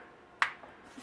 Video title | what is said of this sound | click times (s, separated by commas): Пластиковая накладка SGP Ultra Thin Air Series для Samsung Galaxy S4 i9500. Обзор 2013 | it'll snap right in so that's another nice feature say | 0.4 s